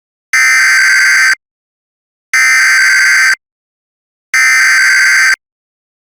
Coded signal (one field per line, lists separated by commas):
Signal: Emergency Alert System (SAME) tones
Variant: header bursts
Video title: EAS Mock - 1999 EAS